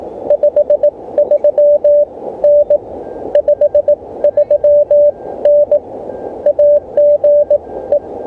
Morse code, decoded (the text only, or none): 53N 53N AGE